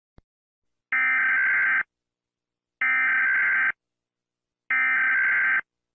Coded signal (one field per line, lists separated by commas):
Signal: Emergency Alert System (SAME) tones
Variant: header bursts